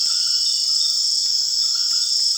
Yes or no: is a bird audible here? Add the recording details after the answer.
no. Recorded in secondary vegetation near Puerto Asís, Putumayo, Colombia, on 30 June 2025 at 19:00. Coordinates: 0.485, -76.322. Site GP06